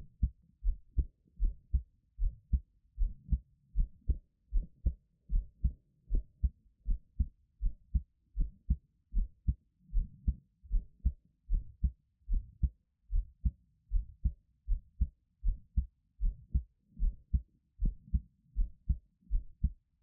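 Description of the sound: Steady, regular low heartbeat thumps of an adult heart at about 77 beats a minute, heard close up against a quiet background with no talking.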